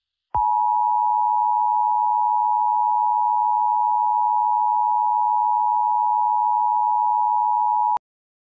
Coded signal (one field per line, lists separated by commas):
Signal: Emergency Alert System (SAME) tones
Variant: 853 and 960 Hz attention tone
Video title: EF5 (An EAS Scenario) EAS Scenario #11